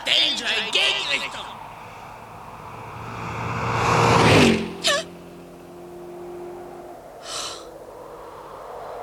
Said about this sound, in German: Das war nur ein Auto.